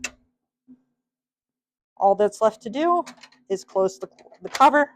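A second media latch in an iTech P5w 5-Color Tabletop Label Printer is locked into place with a sharp click at 0.1 s. After a short quiet gap, someone talks. The latch is seated.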